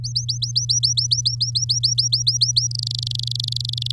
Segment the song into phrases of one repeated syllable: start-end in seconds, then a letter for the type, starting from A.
0.04-2.67 A, 2.71-3.91 B